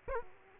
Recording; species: mosquito wingbeat signal from an infrared sensor; Culex quinquefasciatus